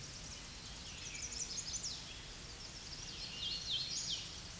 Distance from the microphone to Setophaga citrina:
about 35 m